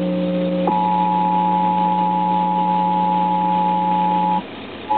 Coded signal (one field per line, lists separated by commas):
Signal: Emergency Alert System (SAME) tones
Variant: 853 and 960 Hz attention tone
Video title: 1st Test of the National Emergency Alert System 11 9 2011.AVI